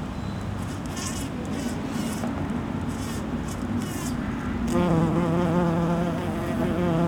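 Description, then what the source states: Bee buzzing: a low droning hum comes in strongly after a few seconds and holds to the end. Recorded in Saint-Gilles, Belgium; captured with an AT BP-4025 microphone into an SD-702 recorder.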